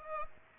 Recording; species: mosquito wingbeat signal from an infrared sensor; Aedes aegypti